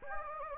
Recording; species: mosquito wingbeat signal from an infrared sensor; Anopheles gambiae